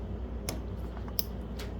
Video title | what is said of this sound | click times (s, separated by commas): E139 Pt 1 - Installing the American Autowire Classic Update Wiring Harness! 1956 Chevy Bel Air Resto | you hear it snap | 0.5 s, 1.2 s